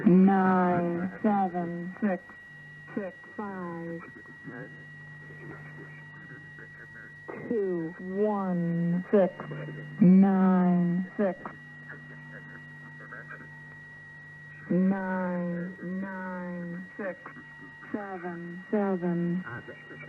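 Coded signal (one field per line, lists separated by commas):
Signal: numbers station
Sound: a voice reading single digits in short evenly spaced groups over a steady hum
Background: radio static, steady tone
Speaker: okay so here's a few examples so listen to a few examples of these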